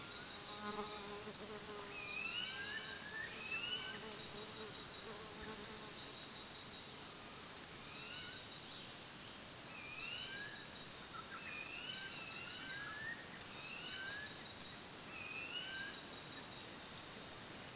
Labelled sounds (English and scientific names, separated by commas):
Honeyguide Greenbul (Baeopogon indicator)